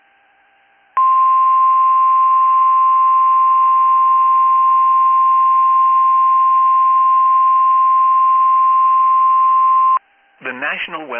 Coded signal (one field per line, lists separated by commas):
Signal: Emergency Alert System (SAME) tones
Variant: 1050 Hz attention tone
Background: speech